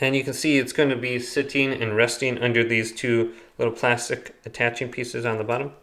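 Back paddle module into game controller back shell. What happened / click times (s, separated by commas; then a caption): A small plastic part is positioned but has not yet clicked into place / none. Someone talks while positioning the plastic back-paddle module of an Extremerate Remap kit into a PS5 controller (BDM 30, 40 or 50) back shell, resting it under two small plastic retaining tabs at the bottom. The part has not seated or clicked into place yet.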